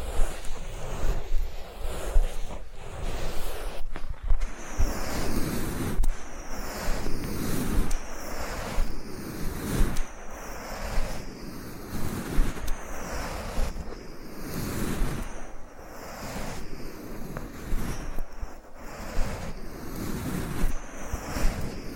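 Massage and ear-cleaning sounds: steady, dense rubbing and brushing with a low rumble, repeating strokes roughly every second and occasional sharper scratchy bursts.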